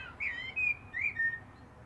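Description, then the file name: Common blackbird song: two short, fluty whistled notes near the same pitch, over a faint low hum. "Turdus merula"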